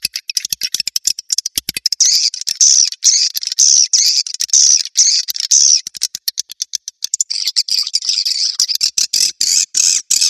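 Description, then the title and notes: Swiftlet calls: rapid clicking chirps, then a repeated series of longer buzzy high twitters, then a dense chattering run. Sound used in swiftlet farming in Asia to attract birds. "Swiflet Bird Sound. Farming Swiflet Bird asia sound"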